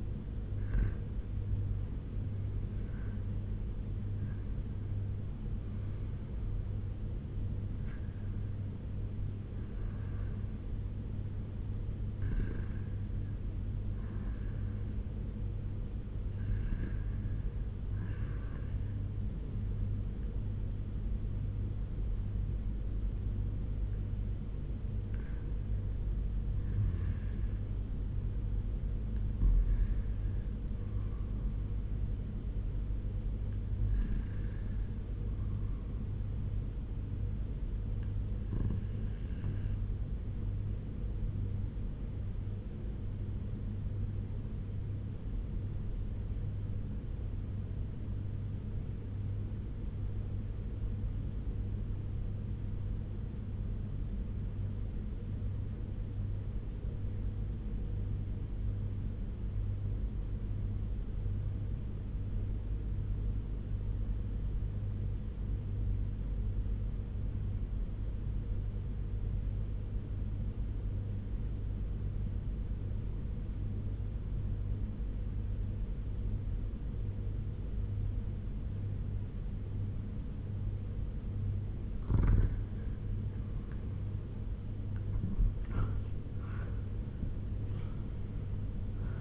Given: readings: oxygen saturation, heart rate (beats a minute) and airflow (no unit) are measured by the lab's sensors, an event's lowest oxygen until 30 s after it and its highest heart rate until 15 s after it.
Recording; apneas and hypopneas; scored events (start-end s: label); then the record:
breathing in sleep by a smartphone at the bedside; 1
46.00-82.00 s: obstructive apnea (REM, oxygen 96% highest, then 85% lowest, heart rate 83 at the start, 96 highest)
From the record:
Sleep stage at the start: REM sleep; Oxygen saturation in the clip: 85 to 98%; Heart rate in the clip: 83 to 96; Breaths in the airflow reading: 12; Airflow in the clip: -8.3 to 7.8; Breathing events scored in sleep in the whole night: 201 in 6.5 hours asleep